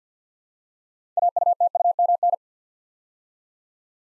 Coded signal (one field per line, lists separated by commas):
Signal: Morse code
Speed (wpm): 49 wpm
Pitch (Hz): 700 Hz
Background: none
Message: AUTUMN